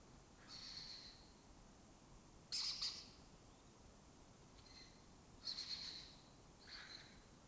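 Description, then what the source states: Lesser kestrel calls, harsh high rasping screeches at irregular intervals, some louder, some faint, over a soft hiss. Colony of migratory lesser kestrels breeding in an abandoned building in Doñana, southern Europe; they forage in West Africa.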